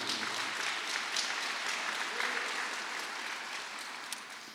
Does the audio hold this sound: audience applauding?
yes